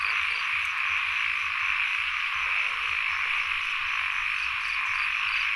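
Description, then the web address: Frogs in a dense, steady chorus, a continuous high buzzing hum that never lets up. Field recording, frogs and insects together, at Sen Monorom, Cambodia. "Ziklibrenbib Les Cartes Postales Sonores NOISE ON EARTH Vol 1 CAMBODIA Les Cartes Postales Sonores - 02-Insects Frogs of Sen Monorom"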